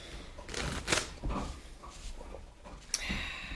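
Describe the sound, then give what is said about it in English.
The infection deck of cards for a board game being shuffled in a few crisp, papery bursts, with a sharper riffle near the end over a low, soft rustle. No one speaks. “We have not shuffled.”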